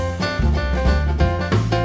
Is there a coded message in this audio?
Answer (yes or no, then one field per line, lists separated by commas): no